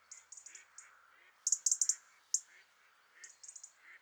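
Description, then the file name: European robin giving sharp, high ticking calls in quick bursts, with softer, lower notes between them. "Erithacus rubecula"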